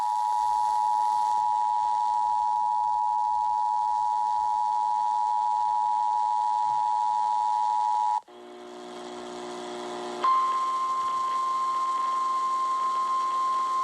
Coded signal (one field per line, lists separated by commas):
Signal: Emergency Alert System (SAME) tones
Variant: 853 and 960 Hz attention tone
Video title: EAS: Tennessee Amber Alert on WSIX (03/08/2024)